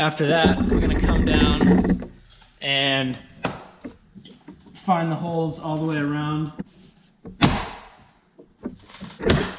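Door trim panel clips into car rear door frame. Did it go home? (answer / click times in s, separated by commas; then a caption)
yes / 7.4 s, 9.3 s. Someone talks as the plastic rear door trim panel of a BMW E90 is pressed against the rear door frame so its retaining clips snap into the holes around the edge. Loud, slam-like knocks are heard at 7.4 and 9.3 seconds as the clips go home. The panel is snapped into place but not yet screwed on.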